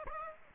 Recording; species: mosquito wingbeat signal from an infrared sensor; Aedes aegypti